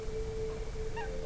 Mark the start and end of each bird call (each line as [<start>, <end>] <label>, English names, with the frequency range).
[0.96, 1.06] Eurasian Coot (0.7-5.9 kHz)